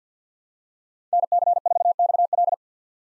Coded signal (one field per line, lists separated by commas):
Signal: Morse code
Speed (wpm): 50 wpm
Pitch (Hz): 700 Hz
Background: none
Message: NC4XL